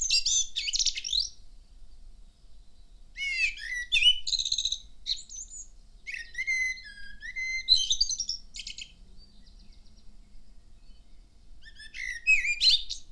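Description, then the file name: Common blackbird song, several short warbled phrases with fluty notes ending in high squeaky twitters, separated by brief pauses, over a quiet background. "Amsel"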